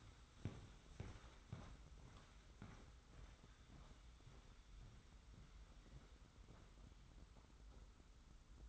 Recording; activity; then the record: daily activity, microphone in the room; walk to room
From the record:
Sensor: 3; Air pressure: 991.1 hPa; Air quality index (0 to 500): 103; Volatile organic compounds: 39 ppm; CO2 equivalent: 3127 ppm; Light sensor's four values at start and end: 38/109/44/39 and 45/124/51/44